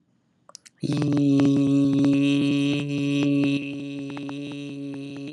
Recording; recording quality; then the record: sustained vowel as in beet; excellent, no background noise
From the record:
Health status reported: healthy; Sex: male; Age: 25 years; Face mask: not worn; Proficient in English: yes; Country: India